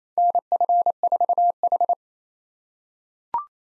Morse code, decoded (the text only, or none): NF4H